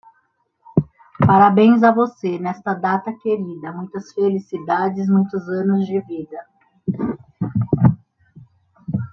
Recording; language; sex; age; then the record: short text; Brazilian Portuguese; female; 40 to 49 years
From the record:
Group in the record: control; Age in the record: 48 years